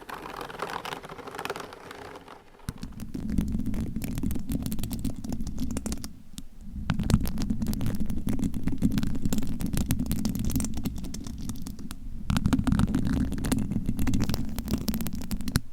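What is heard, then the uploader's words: Dense scratching and rubbing on a surface, heavy in the low end, with rapid tapping and clicking on top. A softer, quieter opening gives way near three seconds to louder sustained friction, briefly easing around six and twelve seconds before resuming. Scratching , Tapping , Massage & More. No Talking.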